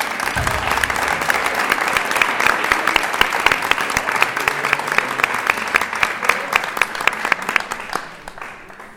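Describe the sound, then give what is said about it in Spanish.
An audience claps steadily for musicians who performed, about nine seconds of a dense patter of many hands with sharp individual claps standing out, staying loud throughout before tapering off at the very end. “Muchas gracias. Otro aplauso.”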